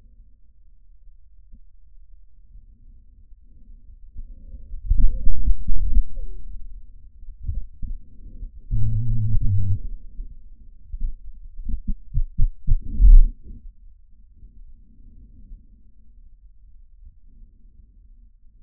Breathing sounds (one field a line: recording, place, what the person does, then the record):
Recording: lung sounds by stethoscope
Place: trachea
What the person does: quiet breathing, then cough and speech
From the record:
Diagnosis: interstitial lung disease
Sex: male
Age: 66 years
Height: 172 cm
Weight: 107.6 kg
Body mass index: 36.4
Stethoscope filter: bell mode